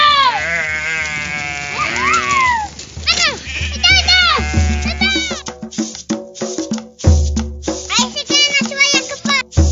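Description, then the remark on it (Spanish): A flock of sheep and goats bleats almost nonstop as the sheep are let out and the young ones are shut in, many wavering, quavering calls overlapping at different pitches, some high and thin, others lower, forming a loud, busy chorus throughout. “Sí, encerramos los chiquitos que hay y soltamos las ovejas.”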